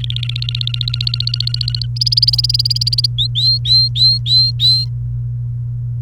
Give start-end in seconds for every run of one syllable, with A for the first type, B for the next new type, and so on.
0.00-1.86 A, 1.96-3.06 B, 3.18-4.85 C